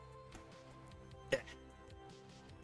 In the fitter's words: and then it's going to snap into place and that's it